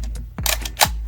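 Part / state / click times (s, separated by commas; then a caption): plastic dart magazine into a toy blaster magazine well / not seated / none. A sanded plastic half-dart magazine is pushed into the magazine well of a foam dart blaster, making a series of short plastic knocks and scrapes, the loudest around 0.5 and 0.8 seconds, over a steady low hum. The magazine does not latch, and nothing has clicked into place yet.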